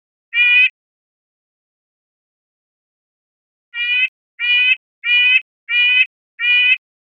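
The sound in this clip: Red-breasted nuthatch calling, one nasal horn-like note, a gap of about three seconds, then five evenly spaced nasal toots.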